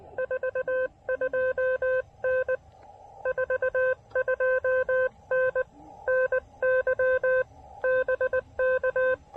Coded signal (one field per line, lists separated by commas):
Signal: Morse code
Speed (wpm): 20 wpm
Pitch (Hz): 520 Hz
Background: none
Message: 42N 42N NY BK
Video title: SOTA QRP DX with the Tufteln 20 Meter Delta Loop Antenna!